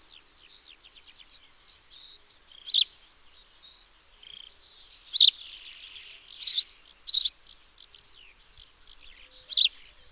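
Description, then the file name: House sparrow calls: several loud harsh chirps over continuous soft twittering. "Passer domesticus"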